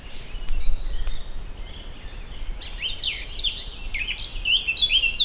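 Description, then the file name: Eurasian blackcap warble that starts halfway through: quick, varied notes over loud, low rumbling noise. "Sylvia atricapilla"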